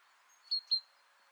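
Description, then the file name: Great tit call: two sharp high chirps in quick succession over steady rushing background noise. "Parus major"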